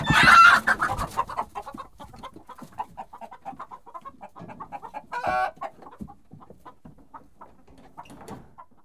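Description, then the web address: Chickens cackle loudly in a harsh burst at the start, then settle into scattered low clucks with a brief squawk in the middle. Several hens, disturbed. "The BBC Sound Effects Library - Complete 60 CDs Collection Sound Effects Library-35 (Livestock # 2 ) 06 Hens Disturbed"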